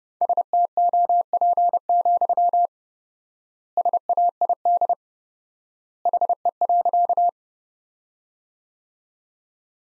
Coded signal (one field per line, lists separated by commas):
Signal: Morse code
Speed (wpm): 32 wpm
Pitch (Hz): 700 Hz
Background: none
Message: STOP, SAID HE.